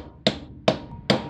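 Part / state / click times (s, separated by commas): bearing onto limited slip differential carrier / not seated / none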